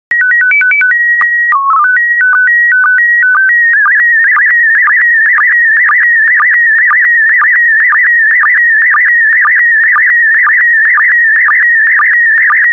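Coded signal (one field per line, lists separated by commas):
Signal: SSTV (slow-scan television)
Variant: PD 120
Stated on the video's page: SSTV images of tropical plants sent in PD120 mode, daily decoding practice.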